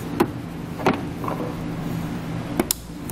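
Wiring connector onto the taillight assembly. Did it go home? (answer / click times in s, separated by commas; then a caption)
yes / 2.7 s. A wiring harness connector is pushed onto the taillight assembly of a 2009 Kia Sedona during a trailer wiring harness install. Several small taps and knocks are heard over a steady low hum, then a sharp click at 2.7 s as the connector seats onto the taillight.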